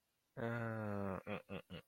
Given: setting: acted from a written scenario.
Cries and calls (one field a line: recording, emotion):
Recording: vocal sound without words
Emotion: shame